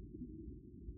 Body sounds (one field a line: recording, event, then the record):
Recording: neck accelerometer signal played as sound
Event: no cough (speech, laughter, throat clearing or background)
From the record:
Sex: male